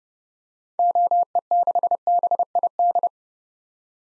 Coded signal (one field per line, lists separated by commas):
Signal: Morse code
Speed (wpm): 30 wpm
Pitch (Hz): 700 Hz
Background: none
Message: OE6BID